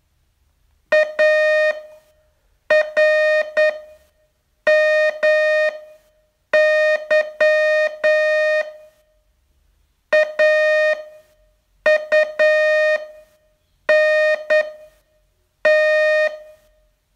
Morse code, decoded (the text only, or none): ARMY AUNT